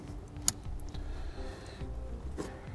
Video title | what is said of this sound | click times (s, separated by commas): DIY Install: T-One Vehicle Wiring Harness with 4-Pole Flat Trailer Connector on your 2015 Acura MDX | You heard it click, we'll give it a tug, make sure it's nice and tight. | 0.5 s